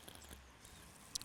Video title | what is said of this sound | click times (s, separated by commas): TOUSCHALETS.COM - montage AUBAGNE 9 en 44mm double pente | côté et ça se clipse tout simplement donc c'est très très simple à à poser | 1.2 s